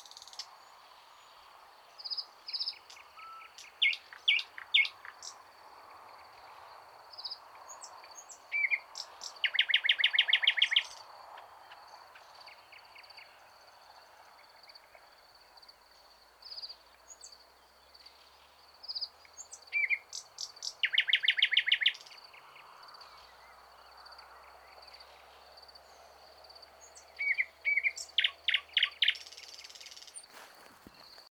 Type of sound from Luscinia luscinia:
song